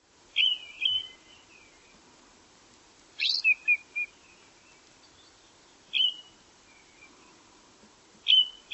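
Bird giving clear whistled calls that slur downward in short phrases, repeated about every two to three seconds over a quiet background.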